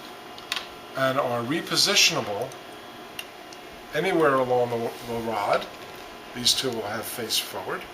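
A plastic twister holder is snapped onto a display rod of an eyewear display kit, seating with a sharp click at 0.5 s. Someone talks over the rest of the clip, and another short tick is heard at 3.2 s.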